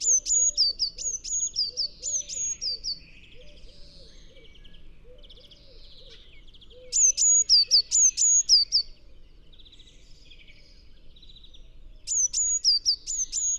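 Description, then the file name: Eurasian blue tit giving rapid series of sharp, high, falling notes in three bursts, with softer buzzy trills between and faint repeated low notes underneath. "Cyanistes caeruleus"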